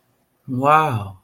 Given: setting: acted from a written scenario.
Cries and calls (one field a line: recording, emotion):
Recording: vocal sound without words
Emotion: adoration